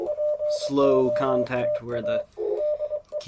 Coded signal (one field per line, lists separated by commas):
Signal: Morse code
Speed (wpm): 24 wpm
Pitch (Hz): 600 Hz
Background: speech, radio noise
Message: POTA DE